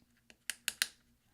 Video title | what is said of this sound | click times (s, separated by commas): DOWN ARROW Key Replace mid-2010 13 inch Macbook Pro 1278 2.66 GHz MC375 Type J | then we're going to push down until we hear several little clicks | 0.3 s, 0.5 s, 0.7 s, 0.8 s